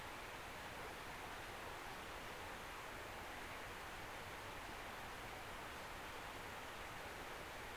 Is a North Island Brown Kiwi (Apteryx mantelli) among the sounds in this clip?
no